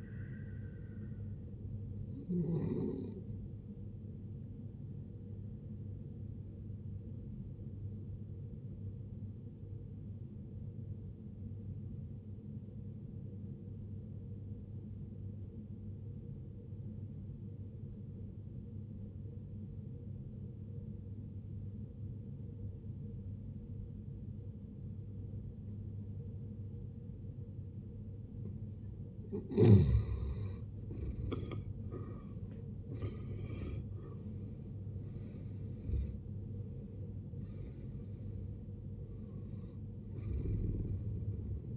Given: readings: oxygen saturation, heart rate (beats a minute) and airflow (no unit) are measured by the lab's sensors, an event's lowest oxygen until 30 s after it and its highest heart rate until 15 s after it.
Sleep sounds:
breathing in sleep by a smartphone at the bedside; 1
10.00-29.90 s: obstructive apnea (N1, oxygen 94% highest, then 73% lowest, heart rate 57 at the start, 80 highest)
15.00-41.77 s: new sleep stage, N2 (light sleep)
From the record:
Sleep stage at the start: N1 (lightest sleep); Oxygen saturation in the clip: 77 to 94%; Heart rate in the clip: 54 to 80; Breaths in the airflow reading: 5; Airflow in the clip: -14.8 to 15.3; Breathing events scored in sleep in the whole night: 389 in 6.3 hours asleep

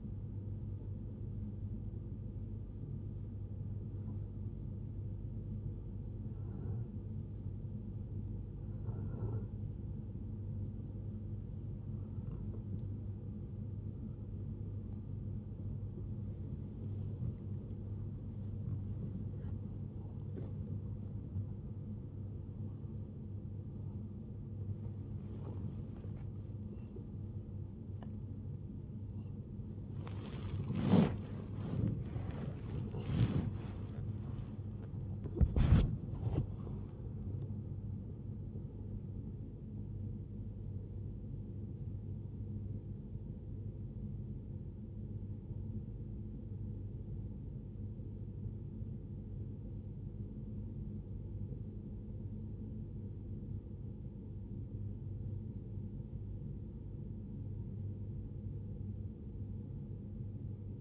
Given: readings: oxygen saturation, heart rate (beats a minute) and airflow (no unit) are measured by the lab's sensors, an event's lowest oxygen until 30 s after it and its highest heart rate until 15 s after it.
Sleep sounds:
breathing in sleep by a smartphone at the bedside; 2
3.00-21.80 s: hypopnea (N1, oxygen 96% highest, then 90% lowest, heart rate 92 at the start, 95 highest)
33.00-49.40 s: hypopnea (N1, oxygen 96% highest, then 92% lowest, heart rate 88 at the start, 96 highest)
From the record:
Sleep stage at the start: N1 (lightest sleep); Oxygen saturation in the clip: 90 to 96%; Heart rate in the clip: 70 to 102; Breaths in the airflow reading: 20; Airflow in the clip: -0.7 to 0.7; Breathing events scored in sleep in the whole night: 103 in 8.4 hours asleep

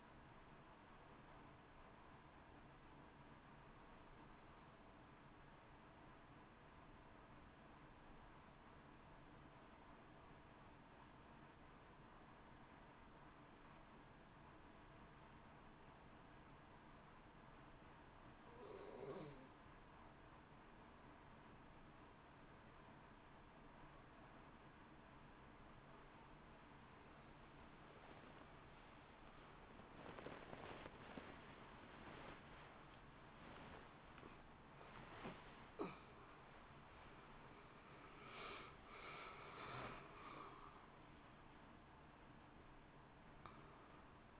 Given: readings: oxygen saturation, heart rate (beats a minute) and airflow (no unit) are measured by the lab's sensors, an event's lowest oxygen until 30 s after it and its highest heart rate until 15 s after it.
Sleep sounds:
a person awake in a sleep study, by a voice recorder at the bedside; 1
7.00-26.40 s: hypopnea (N1, oxygen 94% highest, then 86% lowest)
19.00-44.39 s: new sleep stage, awake
20.00-44.39 s: awake
From the record:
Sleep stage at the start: N1 (lightest sleep); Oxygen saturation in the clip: 86 to 94%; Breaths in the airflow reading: 11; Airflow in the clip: -7.2 to 4.5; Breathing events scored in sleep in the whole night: 328 in 6.3 hours asleep

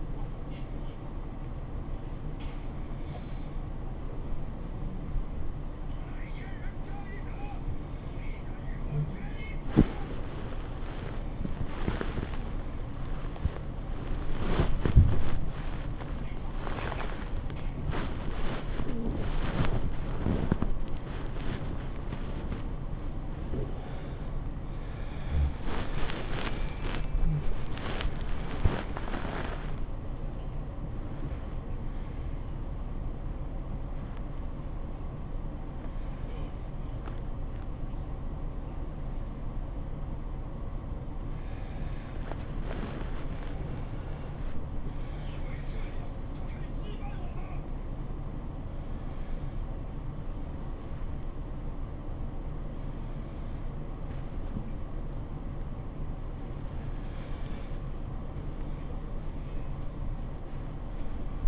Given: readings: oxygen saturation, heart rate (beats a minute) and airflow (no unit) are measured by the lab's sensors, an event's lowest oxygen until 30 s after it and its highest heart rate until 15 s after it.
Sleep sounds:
a person awake in a sleep study, by a smartphone at the bedside; none
0.00-61.48 s: awake
From the record:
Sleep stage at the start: awake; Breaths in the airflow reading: 20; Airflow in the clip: -0.7 to 0.6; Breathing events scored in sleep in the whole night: 403 in 5.5 hours asleep

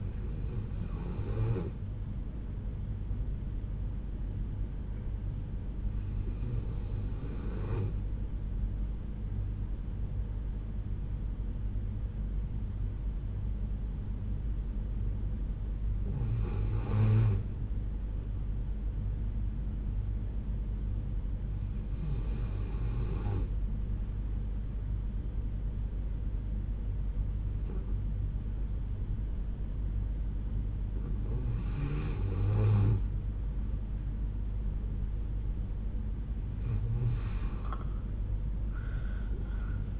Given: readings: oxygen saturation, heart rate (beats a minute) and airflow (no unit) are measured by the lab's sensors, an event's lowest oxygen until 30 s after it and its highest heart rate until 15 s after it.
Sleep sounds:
breathing in sleep by a smartphone at the bedside; 1
3.00-27.00 s: hypopnea (N2, oxygen 96% highest, then 91% lowest, heart rate 63 at the start, 70 highest)
From the record:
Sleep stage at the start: N2 (light sleep); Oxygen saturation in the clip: 88 to 96%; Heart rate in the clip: 62 to 68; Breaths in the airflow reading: 8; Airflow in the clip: -6.8 to 10.2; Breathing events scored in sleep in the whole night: 368 in 8.0 hours asleep

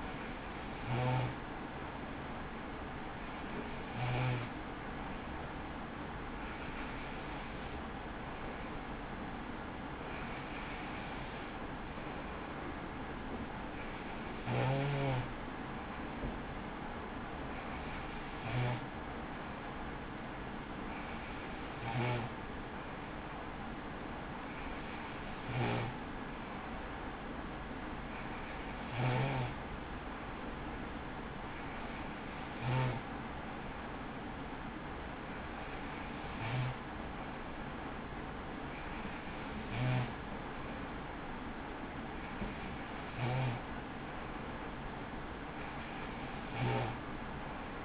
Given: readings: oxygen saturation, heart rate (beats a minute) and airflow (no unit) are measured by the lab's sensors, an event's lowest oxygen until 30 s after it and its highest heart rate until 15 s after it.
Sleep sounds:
breathing in sleep by a voice recorder at the bedside; none
none scored
From the record:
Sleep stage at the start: N3 (deep sleep); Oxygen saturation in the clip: 93 to 94%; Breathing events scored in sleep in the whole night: 83 in 6.1 hours asleep

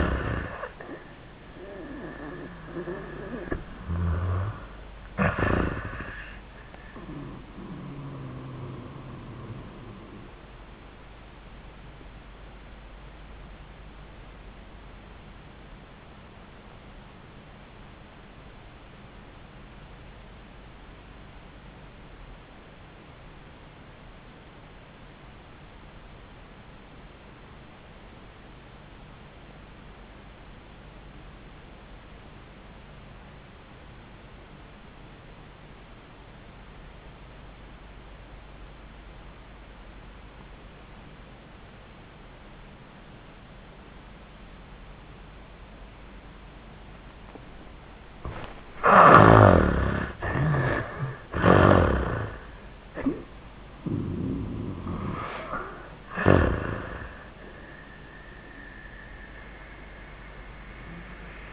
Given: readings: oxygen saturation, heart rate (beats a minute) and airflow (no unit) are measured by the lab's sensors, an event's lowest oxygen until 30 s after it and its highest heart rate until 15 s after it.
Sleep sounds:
breathing in sleep by a voice recorder at the bedside; 1
15.00-49.20 s: obstructive apnea (REM, oxygen 97% highest, then 59% lowest, heart rate 98 at the start, 98 highest)
From the record:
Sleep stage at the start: REM sleep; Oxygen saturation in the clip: 62 to 97%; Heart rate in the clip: 63 to 103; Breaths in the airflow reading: 5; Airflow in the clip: -24.4 to 14.7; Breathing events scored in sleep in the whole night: 400 in 8.7 hours asleep

